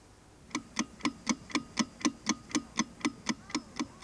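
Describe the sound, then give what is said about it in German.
A clock ticks steadily, about four crisp, evenly spaced ticks per second with a bright, clicky edge, heard alone with no voices. “Und Uhr?”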